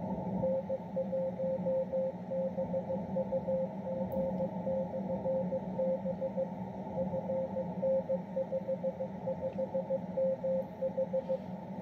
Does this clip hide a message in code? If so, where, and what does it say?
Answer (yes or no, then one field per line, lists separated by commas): yes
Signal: Morse code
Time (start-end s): 0.4-11.4 s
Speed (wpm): 15 wpm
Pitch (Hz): 530 Hz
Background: radio noise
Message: N1BUG/B FN55MH